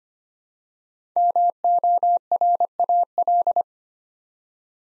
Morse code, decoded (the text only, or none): MORAL